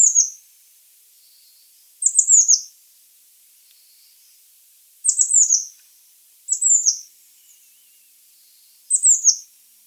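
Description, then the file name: Eurasian blue tit calling with thin, very high, descending notes in quick runs, repeated every few seconds. "Cyanistes caeruleus"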